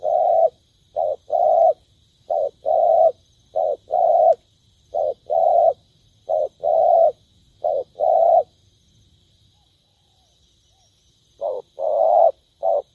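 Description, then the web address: Spotted dove cooing steadily in soft, low two-note phrases. It pauses near the end before a final few coos. Cooing (Vietnamese: gáy). "tieng cu dat gay. tieng dong vat"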